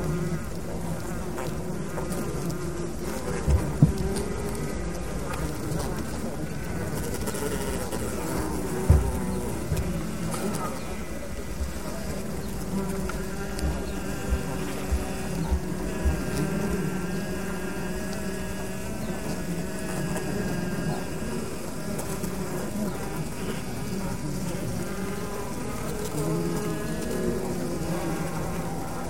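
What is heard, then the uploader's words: Inside a beehive, a dense, steady hum of many bees fills the space, low and warm with wavering tones that rise and fall throughout. A few soft knocks or bumps stand out near four and nine seconds, otherwise the buzzing drone stays even. Two lapel microphones inside a beehive. Recorded by Martin Clarke in Młynik, Poland, August 2008.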